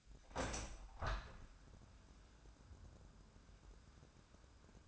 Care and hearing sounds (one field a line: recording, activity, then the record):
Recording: daily activity, microphone in the room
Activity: open window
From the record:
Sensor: 2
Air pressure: 998.0 hPa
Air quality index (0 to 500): 128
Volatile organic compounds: 3 ppm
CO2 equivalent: 1438 ppm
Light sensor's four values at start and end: 11/32/13/12 and 11/32/13/12